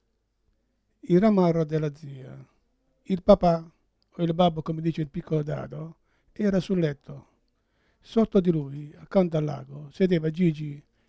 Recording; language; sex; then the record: read passage; Italian; male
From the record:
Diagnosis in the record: Parkinson's disease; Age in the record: 71 years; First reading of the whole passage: 62 s, 8.3 characters per second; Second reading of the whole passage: 53 s, 9.9 characters per second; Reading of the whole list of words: 66 s, 4.2 characters per second